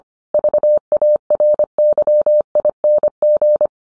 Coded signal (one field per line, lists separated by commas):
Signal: Morse code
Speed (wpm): 25 wpm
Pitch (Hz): 600 Hz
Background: none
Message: VARYING